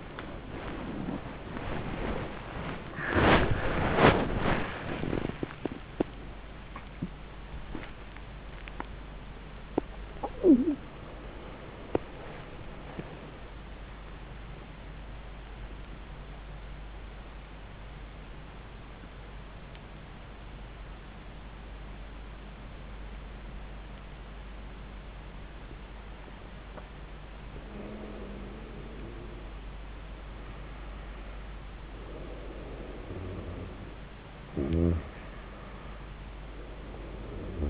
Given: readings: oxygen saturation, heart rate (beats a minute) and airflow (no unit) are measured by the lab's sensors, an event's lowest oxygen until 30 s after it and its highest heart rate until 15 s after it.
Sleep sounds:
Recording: a person awake in a sleep study, by a voice recorder at the bedside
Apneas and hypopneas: 1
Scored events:
0.00-29.00 s: awake
14.00-31.20 s: hypopnea (scored as awake, oxygen 97% highest, then 90% lowest)
26.00-37.70 s: new sleep stage, N1 (lightest sleep)
From the record:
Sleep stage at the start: awake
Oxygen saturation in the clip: 84 to 97%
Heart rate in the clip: 57 to 94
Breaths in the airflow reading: 4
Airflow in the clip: -13.8 to 16.6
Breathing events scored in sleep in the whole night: 400 in 8.7 hours asleep

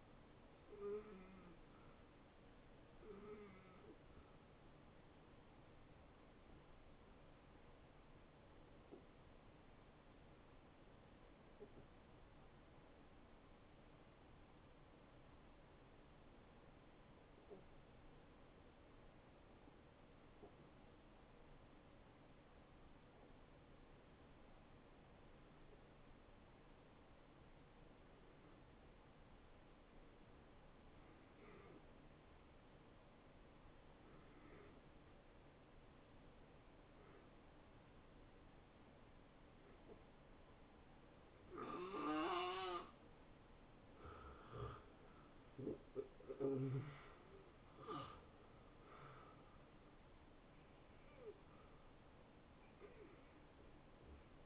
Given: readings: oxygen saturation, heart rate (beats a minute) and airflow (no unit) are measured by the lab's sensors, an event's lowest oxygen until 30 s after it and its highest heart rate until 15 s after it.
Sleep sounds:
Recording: breathing in sleep by a voice recorder at the bedside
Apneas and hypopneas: 1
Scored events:
5.00-44.40 s: hypopnea (N1, oxygen 93% highest, then 82% lowest, heart rate 82 at the start, 83 highest)
21.00-54.46 s: new sleep stage, N2 (light sleep)
From the record:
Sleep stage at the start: N1 (lightest sleep)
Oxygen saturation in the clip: 79 to 93%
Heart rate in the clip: 68 to 83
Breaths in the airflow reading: 9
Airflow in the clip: -20.9 to 9.1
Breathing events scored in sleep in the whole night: 263 in 5.5 hours asleep

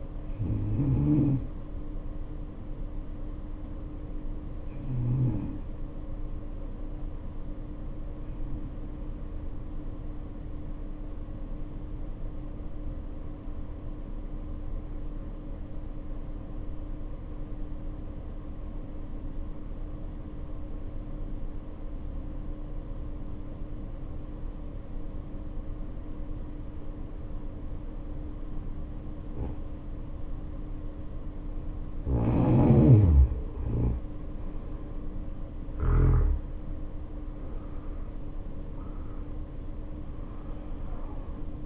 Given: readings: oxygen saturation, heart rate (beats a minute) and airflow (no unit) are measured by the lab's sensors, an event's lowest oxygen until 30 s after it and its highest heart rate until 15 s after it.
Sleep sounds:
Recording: breathing in sleep by a smartphone at the bedside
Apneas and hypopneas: 1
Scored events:
7.00-37.00 s: new sleep stage, N2 (light sleep)
16.00-29.40 s: obstructive apnea (N2, oxygen 94% highest, then 75% lowest, heart rate 57 at the start, 75 highest)
37.00-41.66 s: new sleep stage, N1 (lightest sleep)
From the record:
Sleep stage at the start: N1 (lightest sleep)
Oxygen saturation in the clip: 77 to 94%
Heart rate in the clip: 52 to 75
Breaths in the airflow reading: 7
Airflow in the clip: -8.4 to 8.6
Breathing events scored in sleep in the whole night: 520 in 7.2 hours asleep

